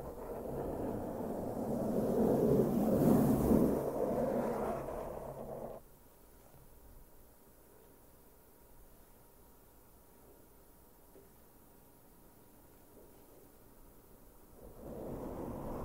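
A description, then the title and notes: Loud, dense brushing scrapes right against the microphone for the first six seconds, swelling to its fullest around the three-second mark. It stops abruptly, leaving a long near-silent stretch with a faint low hum and a thin steady tone, before brushing returns in the final second. ASMR INTENSE MIC BRUSHING NO TALKING, ASMR BRUSHING SOUNDS, BRUSH MICROPHONE ASMR.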